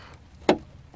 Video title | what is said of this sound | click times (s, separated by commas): Mercedes w203 Supercharger oil change #Eaton c200 c230 c180 | When you hear that click it meens that they are connected , otherwise even if you | 0.5 s